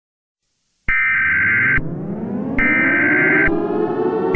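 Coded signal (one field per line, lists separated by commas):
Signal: Emergency Alert System (SAME) tones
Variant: header bursts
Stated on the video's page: Fictional EAS scenario, a creepypasta-themed simulated alert.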